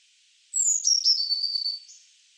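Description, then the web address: Eurasian blue tit call: a single thin, high note sliding down, then a buzzy, slightly stuttering trill holding steady for about a second, with a faint trailing note. "SETE Cyanistes caeruleus"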